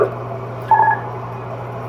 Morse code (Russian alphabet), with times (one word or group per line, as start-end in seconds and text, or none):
none